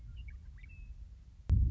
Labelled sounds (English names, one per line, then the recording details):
Western Meadowlark
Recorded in Sonoma County, California